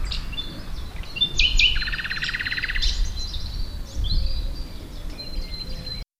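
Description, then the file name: Common nightingale song: sharp notes leading into a rapid repeated rattle, then thin whistles, over a low rumbling background. "Luscinia megarhynchos"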